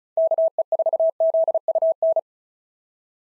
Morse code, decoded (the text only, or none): KE4ZUN